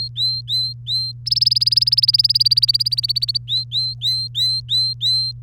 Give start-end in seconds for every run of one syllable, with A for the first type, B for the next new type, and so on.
0.00-1.12 A, 1.26-3.37 B, 3.48-5.32 A